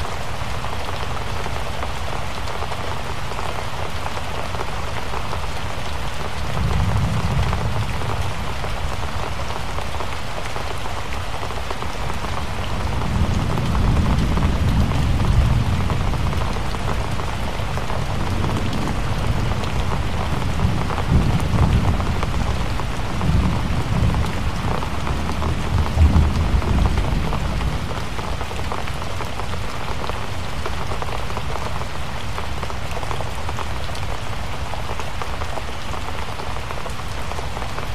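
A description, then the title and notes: Steady rain falls throughout, a dense, even patter on a hard surface. Low, rolling thunder swells up several times, around 7 seconds, between 13 and 22 seconds, and again near 26 seconds, before the rain carries on alone. Relaxing Rain & Thunder Sounds.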